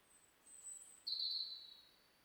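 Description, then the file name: European robin, a very thin high whistle followed by a sustained, slightly falling pure note, over soft background hiss. "Erithacus rubecula"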